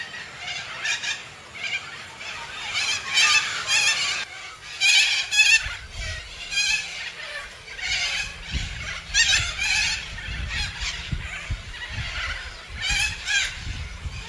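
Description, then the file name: Major Mitchell's cockatoo calling in repeated harsh, wavering screeches, bursts every second or two, with low rumbling noise in the second half. "canto da cacatua inca"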